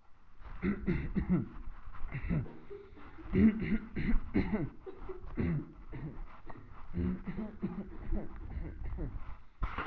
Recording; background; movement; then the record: throat clearing; a bystander coughing; walking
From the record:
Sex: male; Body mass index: 21.0 kg/m2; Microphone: on the chest, facing the body